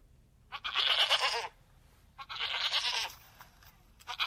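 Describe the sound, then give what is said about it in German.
Two loud, wavering goat bleats, each about a second long with a harsh, nasal, buzzing quality, separated by a short pause, with the start of a third at the very end. “Naja, das ist ganz klar von einer Ziege, also das ist jetzt, glaube ich...”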